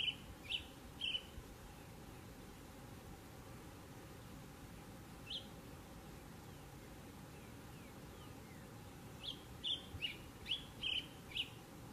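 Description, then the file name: Red tanager singing in bursts of short, clear chirped notes, a few at the start, a single note midway, then a fast run of notes near the end, over a quiet hiss. "canto do sanhaco de fogo"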